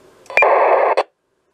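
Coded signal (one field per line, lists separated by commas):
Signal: digital voice data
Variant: C4FM (Yaesu System Fusion)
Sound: click, then a brief harsh burst of digital hiss, ending with a squelch click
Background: radio squelch clicks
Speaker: if i come over here to my ft 817 that's what it sounds like receiving that squelched in narrow fm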